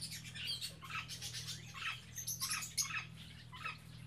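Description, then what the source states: Birds chattering continuously with overlapping chirps and squawks at a busy pace, over a steady low hum. Captive birds in an aviary on Spetses.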